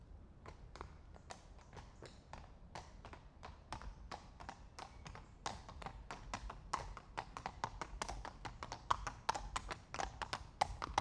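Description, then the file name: Horse hoofbeats: crisp, sharp clacks of hooves on a hard surface in an irregular walking pattern, growing louder toward the end. Two horses walking at a slow pace past on cobblestones. "Het stapvoets voorbijlopen van twee paarden op kasseien - Sound Cloud - Beeld en Geluid"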